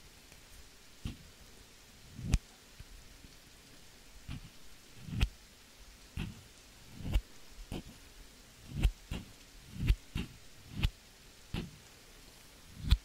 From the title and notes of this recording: ASMR relaxing Scissors Sounds - Rain, no talking.